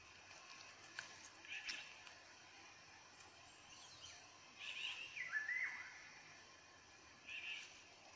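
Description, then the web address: Eurasian jay song: a few soft scattered notes, then a longer wavering, descending phrase in the middle and a short note near the end. "geai chant"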